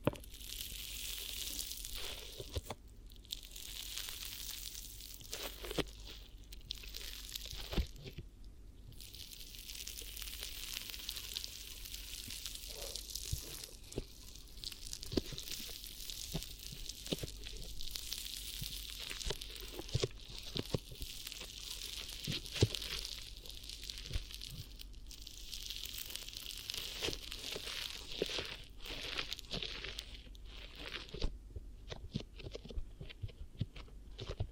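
Trigger sounds, a near-continuous crinkling, scratching rustle that stays bright and hissy throughout. Sharp little taps and crunches pop up irregularly every second or so, with brief pauses around three and eight seconds. The texture thins and grows choppier near the end.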